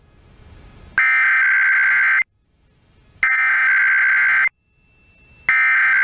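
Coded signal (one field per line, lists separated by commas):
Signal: Emergency Alert System (SAME) tones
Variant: header bursts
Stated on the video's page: Required weekly tests.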